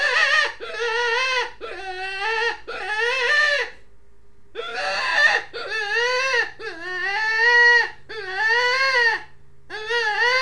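Rabbit squealing in drawn-out, wailing cries with a strong harmonic tone, rising then falling, in repeated bursts with a short pause midway.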